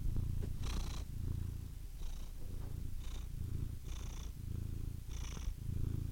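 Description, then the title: Domestic cat purring in a low, even rumble, rising and falling with each breath about once a second, with light breathy hiss between pulses. "The Ultimate Compilation of Adorable Cat Meows 🐱😺 #CatMeows #CuteKittens"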